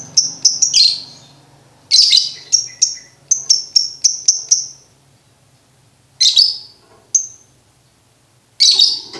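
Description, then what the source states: Lovebird chirps in fast high runs, sharp clipped notes repeated several times a second, broken by pauses and harsh buzzy bursts. Lovebird song used as a training recording for birds to learn ngekek.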